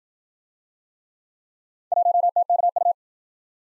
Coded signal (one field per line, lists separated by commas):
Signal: Morse code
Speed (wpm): 52 wpm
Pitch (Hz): 700 Hz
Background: none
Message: 1TKU